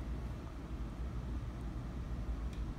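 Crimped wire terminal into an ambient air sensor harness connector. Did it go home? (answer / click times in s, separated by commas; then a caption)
no / none. A crimped white and red wire terminal is lined up and fed, facing down, into the plastic connector housing of an ambient air sensor harness connector before being pushed forward. Only a steady low rumble is heard throughout. Nothing has seated or clicked yet.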